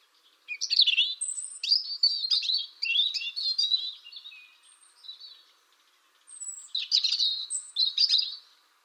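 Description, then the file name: European robin singing a long run of sweet, high warbles, trills and sliding whistles, a short pause, then a further tumbling phrase. "Erithacus rubecula"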